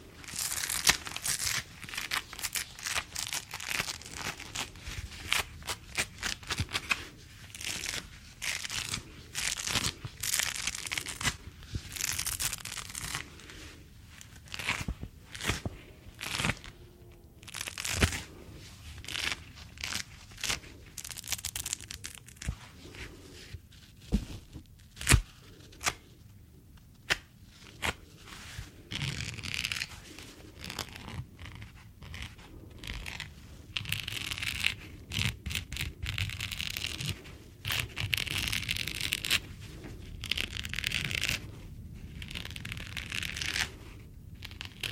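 Latex and cleaning gloves rubbed, stretched and crinkled, making dense crackling and squeaky friction sounds with a bright, crisp edge. Sharp snaps and crunches pop out every second or so, with brief quieter gaps around 14, 24 and 28 seconds.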